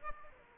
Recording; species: mosquito wingbeat signal from an infrared sensor; Aedes aegypti